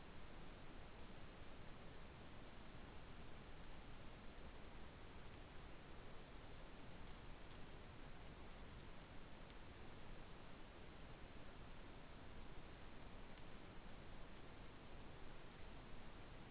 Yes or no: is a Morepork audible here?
no